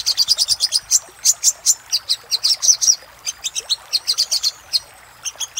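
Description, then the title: Little spiderhunter song: rapid series of sharp, high chipping notes in bursts, some with thin whistled tones. Song used for training cage birds; song style named Labaik. "Masteran Burung Sogok Ontong Labaik"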